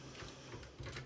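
A latch or similar part inside a Lenovo ThinkCentre desktop PC case is handled right after the graphics card has been taken out. The clip ends before the part goes home, so nothing has seated or clicked yet. Only a steady low hum and light handling noise are heard, with a slight rise in level near 0.8 s.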